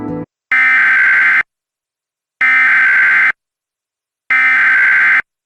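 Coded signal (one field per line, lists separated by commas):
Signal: Emergency Alert System (SAME) tones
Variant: header bursts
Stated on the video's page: Valid EAS tones in a reenactment mock of a flash flood warning, not a real broadcast.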